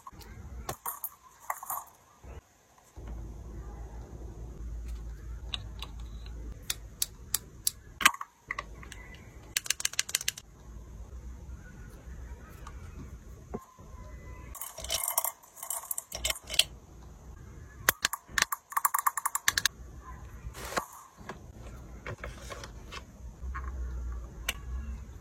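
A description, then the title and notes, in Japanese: Everyday household sounds: scattered clicks, taps and clattering bursts over a low steady hum, with louder clusters near eight, fifteen and nineteen seconds. 生活音。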